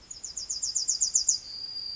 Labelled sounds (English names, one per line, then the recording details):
Yellowhammer song
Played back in forest
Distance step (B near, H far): D
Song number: 117